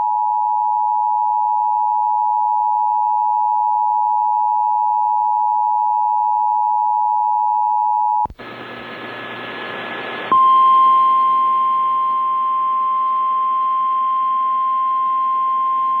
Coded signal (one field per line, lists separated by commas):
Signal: Emergency Alert System (SAME) tones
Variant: 853 and 960 Hz attention tone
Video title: Severe Thunderstorm Warning (Cherry and Sheridan Counties, NE) (8/13/25) [EAS #265]